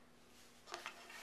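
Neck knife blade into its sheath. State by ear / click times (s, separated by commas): not seated / none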